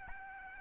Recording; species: mosquito wingbeat signal from an infrared sensor; Aedes albopictus